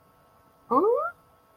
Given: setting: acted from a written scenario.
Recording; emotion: vocal sound without words; confusion